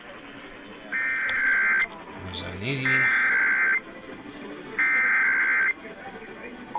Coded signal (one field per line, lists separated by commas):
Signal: Emergency Alert System (SAME) tones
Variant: header bursts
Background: speech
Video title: TONES, TONES, & MORE TONES... EAS Tests from 12/3/24 - 12/19/24 (EAS #5,177 - 5,286)